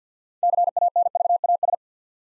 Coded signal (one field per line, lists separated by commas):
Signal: Morse code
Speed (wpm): 50 wpm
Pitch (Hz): 700 Hz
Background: none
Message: CANVAS